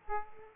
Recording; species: mosquito wingbeat signal from an infrared sensor; Aedes aegypti